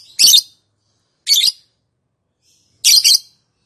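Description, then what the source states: Lovebird makes three short, harsh, high squawks, the last one doubled. Song style named "konslet".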